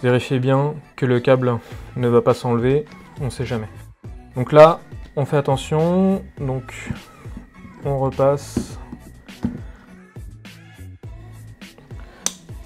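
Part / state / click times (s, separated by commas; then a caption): drain pump into dishwasher sump housing / seated / 12.3 s. Someone talks while a dishwasher drain pump is turned a quarter turn back into its plastic housing in the base, after checking that the cable won't come loose. The pump locks with a sharp click at 12.3 s, showing it is properly refitted.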